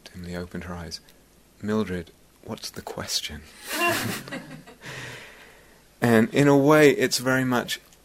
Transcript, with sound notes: opened her eyes. "Mildred, what's the question?" [laughter] And in a way, it's very much...